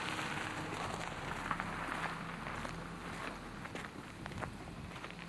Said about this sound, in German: Der Kies unter den Schritten knirscht und ich sehe mich im Spiegelbild auf das Autohaus zugehen wie einen Lackaffen.